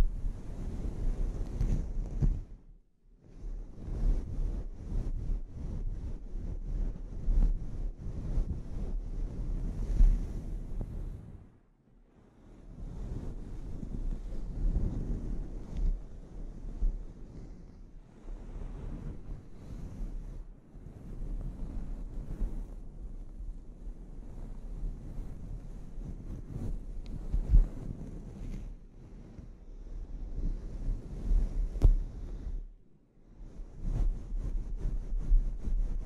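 A scalp treatment: dense, rough rubbing and scratching that rumbles low, with a faint airy hiss above. The motion runs almost without letup, swelling and easing, and stops briefly around 3, 11 and 33 seconds before resuming.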